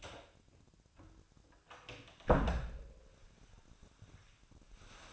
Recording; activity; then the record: daily activity, microphone in the room; close door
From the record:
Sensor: 2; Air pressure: 1007.2 hPa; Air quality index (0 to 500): 188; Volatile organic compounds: 11 ppm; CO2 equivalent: 2312 ppm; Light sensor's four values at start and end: 10/24/10/10 and 10/24/10/11